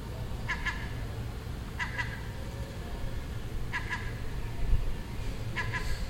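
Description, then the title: Gull calls: clipped paired notes repeated four times at spaced intervals, above a steady low rumble. Nesting gull on the roof next door in Den Haag, Netherlands, June 18th 2017, making these sounds all day for a week. "Seagull Chatter (Den Haag"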